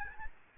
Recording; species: mosquito wingbeat signal from an infrared sensor; Aedes albopictus